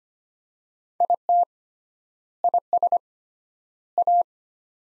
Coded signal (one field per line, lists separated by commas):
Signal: Morse code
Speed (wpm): 25 wpm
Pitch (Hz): 700 Hz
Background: none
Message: IT IS A